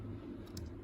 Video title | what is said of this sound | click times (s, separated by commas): The Meng Jagdpanther build continues and what a build!! | it sort of just pops into place | 0.6 s